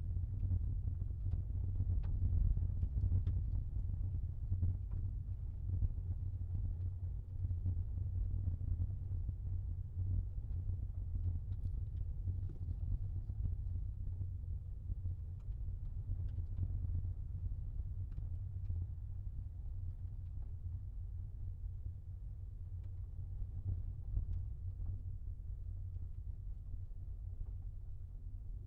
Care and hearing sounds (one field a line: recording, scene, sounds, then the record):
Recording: everyday scene through a hearing-aid microphone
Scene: in a vehicle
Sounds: engine, rumble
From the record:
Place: Skoda Fabia, gasoline engine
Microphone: in the ear canal, left